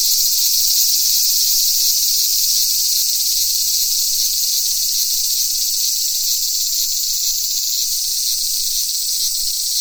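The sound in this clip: Cicada singing, a steady high-pitched hissing drone that holds unbroken throughout, with a faint low rumble beneath.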